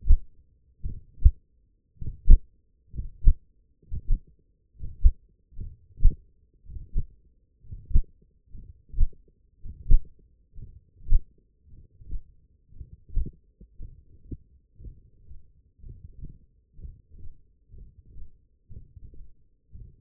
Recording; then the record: forearm muscle sounds (acoustic myography)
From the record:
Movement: hook grip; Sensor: system 1, eight BSWA MPA416 microphones around the upper forearm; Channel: 5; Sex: male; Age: 42 years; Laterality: right